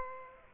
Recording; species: mosquito wingbeat signal from an infrared sensor; Aedes aegypti